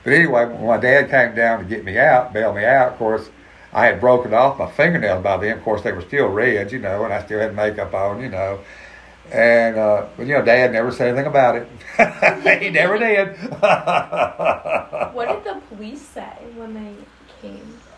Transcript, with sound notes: But anyway, when my dad came down to get me out, bail me out, course I had broken off my fingernails by then, course they were still red, you know, and I still had makeup on, you know. And uh, well you know dad never said anything about it. (laughs) He never did (laughs)
What did the police say when they came?